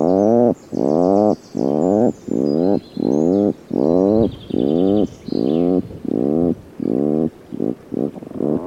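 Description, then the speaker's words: Atlantic puffin growling call: a long, steady series of low, rasping, harmonic pulses, like a soft chainsaw. Given after the eggs are laid, from inside the nesting burrow; a growling call likened to a softer chainsaw; recorded in Scotland. "Als de eieren eenmaal zijn gelegd, trekt de papegaaiduiker zich terug in het broedhol en hebben ze een grommende roep die vaag doet denken aan het geluid van een kettingzaag, maar dan zachter."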